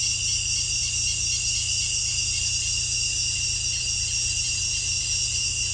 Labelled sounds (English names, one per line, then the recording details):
none
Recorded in dense forest near Puerto Asís, Putumayo, Colombia, on 18 December 2024 at 18:30
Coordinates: 0.467, -76.328
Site GP05